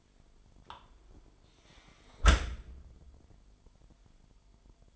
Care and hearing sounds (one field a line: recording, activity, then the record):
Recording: daily activity, microphone in the room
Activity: close dishwasher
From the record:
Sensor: 5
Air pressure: 998.3 hPa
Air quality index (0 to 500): 85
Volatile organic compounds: 1 ppm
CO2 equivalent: 973 ppm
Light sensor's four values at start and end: 20/46/19/21 and 19/45/19/21